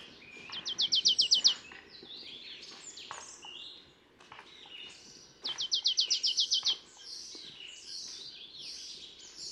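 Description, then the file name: Marsh tit rattling twice, each burst a rapid string of high, clipped notes, amid other twittering notes and steady background noise. "Poecile palustris"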